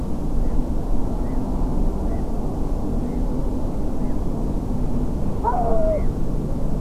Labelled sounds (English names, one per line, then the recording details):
Black-headed Gull
unidentified animal sound
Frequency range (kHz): Black-headed Gull 1.3-2.4 kHz
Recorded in France